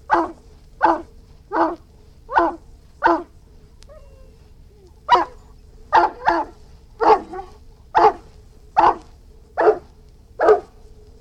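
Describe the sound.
Irish Wolfhound barking: a series of clipped barks, a pause after the first five, then a longer run of barks.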